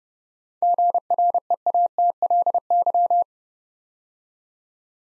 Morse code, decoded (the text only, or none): GREATLY